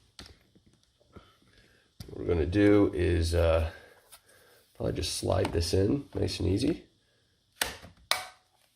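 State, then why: Seated. With a Belife S10 cordless stick vacuum flipped upside down, a plastic part, probably the battery pack, is slid into its slot in the vacuum body while someone talks. A sharp sound comes at about 7.6 s, then a crisp click at 8.1 s as the part seats into place.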